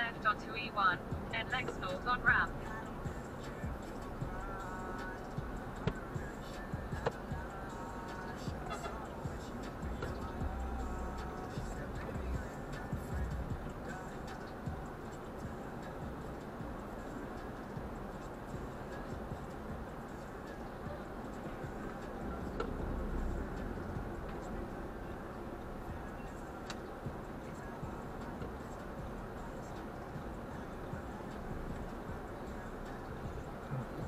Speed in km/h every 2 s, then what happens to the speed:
4, 7, 5, 1, 1, 8, 6, 3, 2, 1, 1, 8, 3, 0, 2, 3, 5.
0-5 steady at about 5. 5-8 standing. 8-10 pulls away to 8. 10-15 steady at about 6. 15-21 standing. 22-25 slows to 0. 25-29 standing.